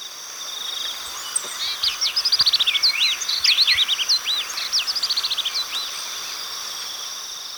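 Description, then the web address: Black-lored yellowthroat singing a long, fast jumble of high warbled and slurred notes against a continuous shrill insect hum. Recorded in Ecuador. "Birds of Ecuador Black-lored Yellowthroat"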